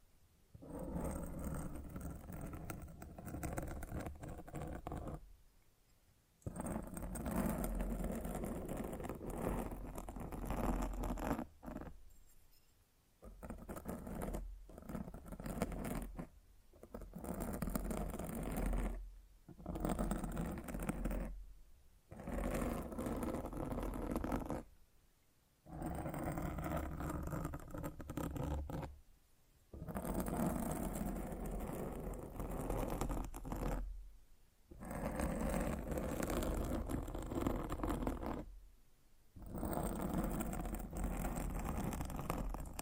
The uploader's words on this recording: ASMR Fall Asleep to Mic Scratching 1 Hour No Talking.